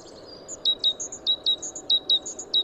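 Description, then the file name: Great tit calls: sharp high notes falling slightly, mostly in pairs, with higher chips between them. "Parus major"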